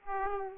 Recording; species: mosquito wingbeat signal from an infrared sensor; Aedes aegypti